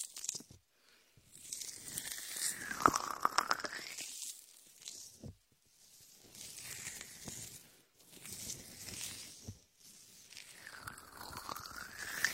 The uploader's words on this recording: Latex ear massage with shaving foam for comfort.